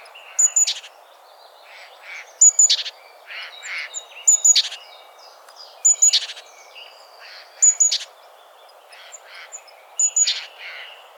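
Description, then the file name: Great tit calls: a thin high note followed by harsh buzzy chatter, repeated about every two seconds, with faint whistles and steady background hiss. "Parus major"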